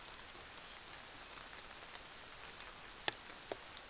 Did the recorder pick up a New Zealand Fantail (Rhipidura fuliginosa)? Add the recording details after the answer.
no. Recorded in New Zealand on 24 December 2018. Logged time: 06:00